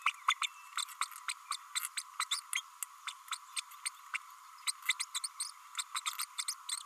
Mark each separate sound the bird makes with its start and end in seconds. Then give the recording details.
0.06-0.12, 0.28-0.34, 0.41-0.46, 0.77-0.84, 1.01-1.05, 1.28-1.33, 1.51-1.56, 1.97-2.02, 2.20-2.24, 2.31-2.40, 2.54-2.61, 3.07-3.12, 3.56-3.60, 3.85-3.89, 4.13-4.17, 4.67-4.71, 4.88-4.93, 4.99-5.05, 5.14-5.19, 5.23-5.28, 5.40-5.50, 5.94-6.00, 6.38-6.43, 6.48-6.54. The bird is a female. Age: 30 days. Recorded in a nest box in Venezuela. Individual 17B32A5